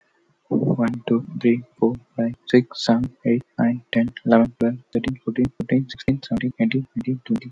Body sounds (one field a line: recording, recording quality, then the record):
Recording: counting at a fast pace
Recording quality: excellent, no background noise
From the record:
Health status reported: healthy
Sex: male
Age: 25 years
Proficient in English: yes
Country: India